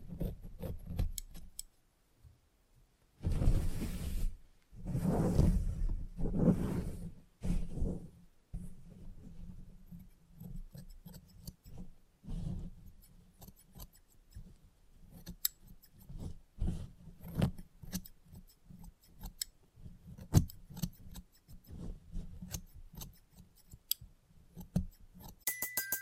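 Salon haircut sounds: quick scissor snips and metallic clicks come in irregular bursts throughout. Around 3 to 8 seconds, louder rustling sweeps of the hair or head massage dominate, followed by sparser snipping and handling noises over a steady low hum.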